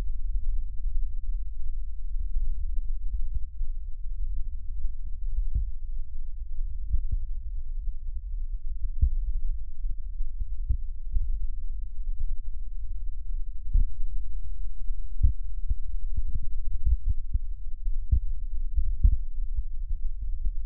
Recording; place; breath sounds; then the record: lung sounds by stethoscope; left posterior middle chest; normal breath sounds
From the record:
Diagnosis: none (healthy); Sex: male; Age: 70 years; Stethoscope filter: bell mode, 20 to 200 Hz